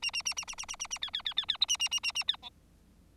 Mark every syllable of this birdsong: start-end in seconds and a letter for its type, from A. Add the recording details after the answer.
0.02-0.11 A, 0.13-0.22 A, 0.25-0.34 A, 0.36-0.45 A, 0.47-0.55 A, 0.57-0.65 A, 0.68-0.76 A, 0.79-0.87 A, 0.90-0.98 A, 1.01-1.10 B, 1.13-1.22 B, 1.25-1.33 B, 1.37-1.45 B, 1.48-1.57 B, 1.60-1.66 C, 1.68-1.77 A, 1.79-1.89 A, 1.91-2.00 A, 2.03-2.12 A, 2.15-2.24 A, 2.28-2.36 B, 2.42-2.50 D. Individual Bird4